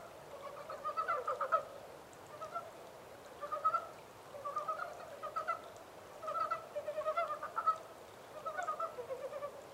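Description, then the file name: Montane brown frog calls, bursts of rapid rattling croaks at intervals of one to two seconds. 14 April 2010. "yamaakagaeru-20100414"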